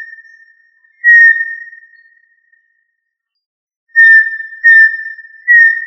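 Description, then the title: Tinamou whistling a single flat, pure note that trails off, followed after a silence by three more identical whistles in close succession. "Familia Tinamidae - Quail - Puyuh"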